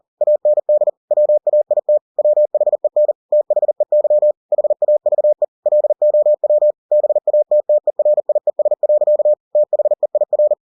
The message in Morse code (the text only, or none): AND WAIT WHEN THEY HAVE LOW BATTERIES. THEIR